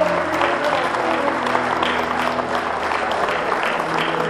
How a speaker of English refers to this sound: Give them a round of applause as they come.